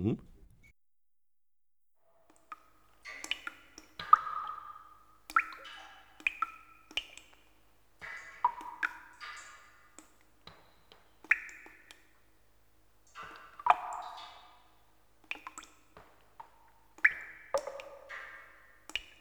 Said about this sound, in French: Donc on peut prendre un premier exemple, vous prenez le son de gouttes de pluie.